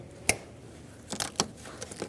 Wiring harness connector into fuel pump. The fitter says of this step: install the connector into the fuel pump push until you hear a click